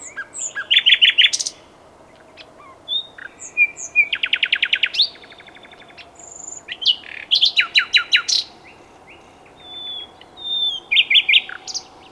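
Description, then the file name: Common nightingale song of several varied phrases: fast repeated notes, rattling trills and sharp high whistles, with brief pauses between phrases. "Luscinia megarhynchos"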